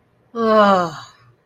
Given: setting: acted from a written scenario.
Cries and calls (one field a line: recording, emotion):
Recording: vocal sound without words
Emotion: relief